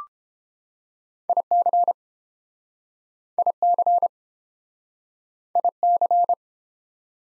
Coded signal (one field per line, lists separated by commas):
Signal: Morse code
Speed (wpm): 30 wpm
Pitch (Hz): 700 Hz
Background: none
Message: IC IC IC